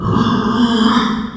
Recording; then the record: squeal of a Yucatan mini pig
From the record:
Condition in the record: after surgery on the right vocal fold (resection and tissue-engineered implant); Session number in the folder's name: 16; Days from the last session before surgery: 183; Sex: female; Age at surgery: 19 weeks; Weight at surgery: 25 kg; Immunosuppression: prednisolone